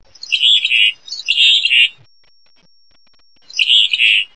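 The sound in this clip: Mountain chickadee calls: three raspy, buzzy chatter phrases, two back to back then one after a short pause.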